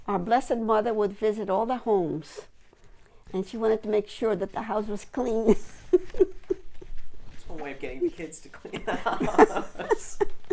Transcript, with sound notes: our blessed mother would visit all the homes and she wanted to make sure that the house was clean. (laughing)
That's one way of getting kids to clean the house.